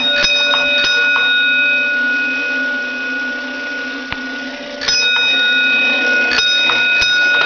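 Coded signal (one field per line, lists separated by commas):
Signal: coded fire alarm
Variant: Gamewell fire alarm box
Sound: a small bell struck in uneven groups of strokes, ringing on between strikes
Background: small room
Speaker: you know pull the lever down and it would start over again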